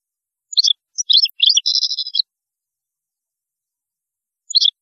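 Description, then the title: European goldfinch song: choppy twittered notes leading into a buzzy wheezing trill, then a single chirp a couple of seconds later. "Chant Chardonneret"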